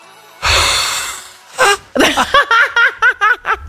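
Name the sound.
scream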